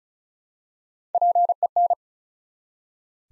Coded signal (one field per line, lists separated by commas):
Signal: Morse code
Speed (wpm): 36 wpm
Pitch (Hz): 700 Hz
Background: none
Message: PEN